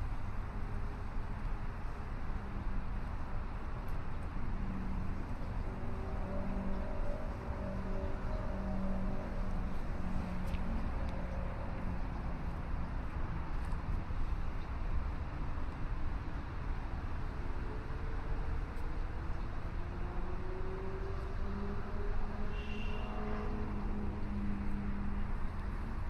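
A sunrise walk along Chicago's River Walk, filled with a steady, dense hum of city traffic and engines. Low drawn-out tones rise and fall as vehicles pass, and a brief higher whine or squeal appears around the twenty-two second mark.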